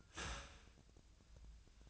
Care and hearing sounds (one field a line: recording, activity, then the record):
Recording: daily activity, microphone in the room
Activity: start toaster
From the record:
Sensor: 2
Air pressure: 1009.1 hPa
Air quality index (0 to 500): 186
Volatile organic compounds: 11 ppm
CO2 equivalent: 2304 ppm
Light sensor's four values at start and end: 23/57/24/26 and 23/57/24/26